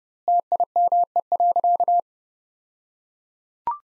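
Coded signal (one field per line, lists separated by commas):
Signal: Morse code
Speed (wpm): 30 wpm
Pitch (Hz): 700 Hz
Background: none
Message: TIME.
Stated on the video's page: Morse practice sentences from the top 100 words at 30 wpm with 2x word-spacing, a Farnsworth-like approach.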